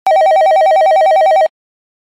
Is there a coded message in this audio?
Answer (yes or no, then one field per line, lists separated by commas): no